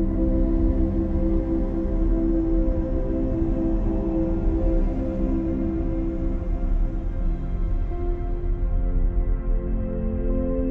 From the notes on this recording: A gentle blend of space white noise sounds and soothing music